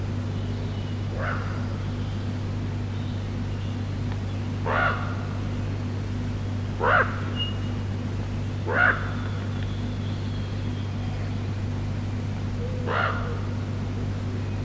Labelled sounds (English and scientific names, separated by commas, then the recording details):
Common Raven (Corvus corax) flight call
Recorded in the wild
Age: adult
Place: Friedrichsmoor, Landschaftsschutzgebiet Lewitz, Mecklenburg-Vorpommern, DE
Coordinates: 53.4572, 11.5731
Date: 1965-05-21 05:16
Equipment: Grundig TK 4, BG 20/6 - 19 cm/s
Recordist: Schubert, Michael